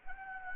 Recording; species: mosquito wingbeat signal from an infrared sensor; Anopheles gambiae